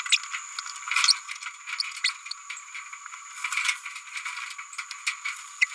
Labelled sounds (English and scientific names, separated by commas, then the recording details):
Green-rumped Parrotlet (Forpus passerinus) babbling
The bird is a male
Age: 28 days
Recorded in a nest box in Venezuela
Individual 17B102A4